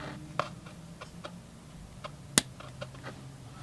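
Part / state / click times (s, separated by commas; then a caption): external USB-C connector with silicone door into action camera battery/port side / seated / 2.4 s. A homemade external USB-C connector, set in a molded black GE silicone rubber door, is plugged into the battery/port side of a GoPro 7 Black action camera. A few faint ticks lead up to one sharp, loud click at 2.4 s as the connector seats, followed by a few more faint ticks.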